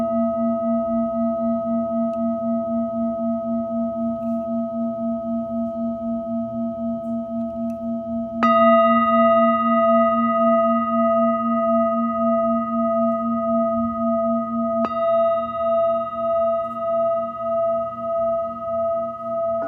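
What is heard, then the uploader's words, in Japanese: A singing bowl rings with a low, pulsing hum and a few clear higher overtones that hang steadily. A fresh strike lands near 8.5 seconds, louder and brighter, and another near 15 seconds, each adding a slow wavering beat to the long, sustained tone. メキシコから シンギングボウルのサウンドヒーリング ライブ。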